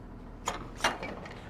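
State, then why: Seated. The residential-style sliding door to the master bedroom of a 2018 Newmar Ventana LE 3412 Class A diesel motorhome is slid closed, giving a short mechanical knock at 0.5 s. The latch clicks sharply into its frame at 0.9 s, and the door locks in place.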